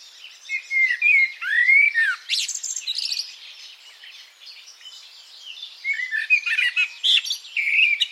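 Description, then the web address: Birdsong, rising whistled slurs and rapid chirps early on, a quieter twittering lull, then more sharp notes toward the end. "cianscape birddata Deverinetal 2025 Bird Only"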